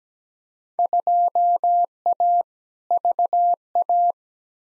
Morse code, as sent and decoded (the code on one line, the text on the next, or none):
..--- .- / ...- .-
2A VA